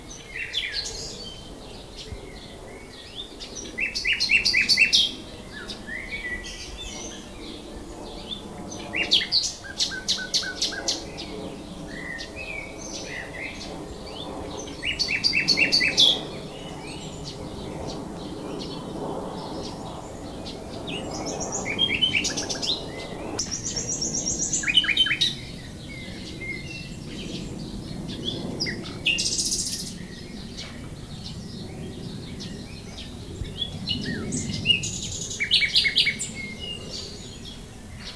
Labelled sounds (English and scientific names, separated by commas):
Common Nightingale (Luscinia megarhynchos) song